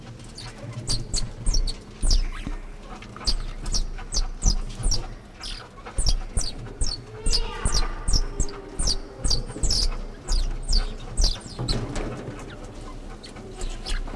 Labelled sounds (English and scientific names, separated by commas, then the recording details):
Banded Mongoose (Mungos mungo) call
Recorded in captivity
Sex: group
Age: diverse
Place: Zoo Berlin, Berlin, DE
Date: 1959-11-01 12:00
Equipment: Reporter (Vollspur)
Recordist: Tembrock, Günter